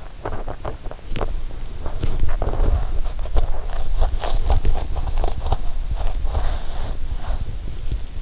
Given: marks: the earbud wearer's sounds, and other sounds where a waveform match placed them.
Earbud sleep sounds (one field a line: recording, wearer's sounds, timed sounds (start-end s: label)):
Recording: sounds in sleep by an in-ear microphone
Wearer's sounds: swallowing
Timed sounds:
0.24-1.30 s: swallowing
1.98-2.84 s: swallowing
3.21-7.78 s: swallowing